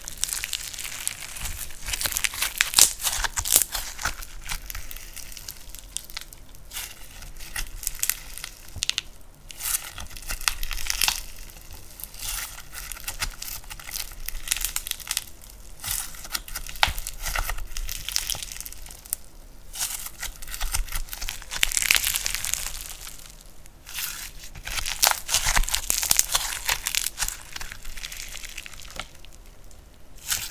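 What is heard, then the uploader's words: Crunchy slime being poked, pressed and stretched, with dense crackling and crinkling bursts that come in quick clusters throughout. The sound is bright and sharp, with brief quieter gaps near 9, 20 and 23 seconds, and busier stretches around 3 and 25 seconds. Slime Sounds Crunchy, Poking, Stretching, Pressing.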